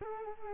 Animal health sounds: mosquito wingbeat signal from an infrared sensor; Culex quinquefasciatus

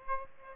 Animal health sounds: mosquito wingbeat signal from an infrared sensor; Aedes aegypti

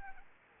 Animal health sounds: mosquito wingbeat signal from an infrared sensor; Anopheles arabiensis

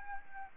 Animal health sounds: mosquito wingbeat signal from an infrared sensor; Aedes albopictus

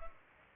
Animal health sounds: mosquito wingbeat signal from an infrared sensor; Culex pipiens

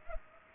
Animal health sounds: mosquito wingbeat signal from an infrared sensor; Culex pipiens

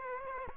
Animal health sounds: mosquito wingbeat signal from an infrared sensor; Aedes aegypti

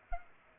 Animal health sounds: mosquito wingbeat signal from an infrared sensor; Culex pipiens

